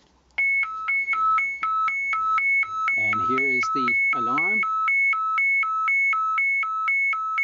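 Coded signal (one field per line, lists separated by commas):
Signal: alarm pattern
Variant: DSC distress alarm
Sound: continuous warbling two-tone alarm, high and low alternating rapidly, with brief male speech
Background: man talking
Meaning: A DSC distress call has been received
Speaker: and it's transmitting and here is the alarm and you can see I'll cancel the alarm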